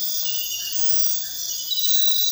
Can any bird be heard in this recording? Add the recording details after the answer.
no. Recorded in dense forest near Puerto Asís, Putumayo, Colombia, on 19 February 2024 at 03:30. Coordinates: 0.500, -76.322. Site G6465